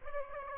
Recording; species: mosquito wingbeat signal from an infrared sensor; Aedes aegypti